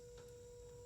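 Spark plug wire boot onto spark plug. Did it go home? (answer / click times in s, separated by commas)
no / none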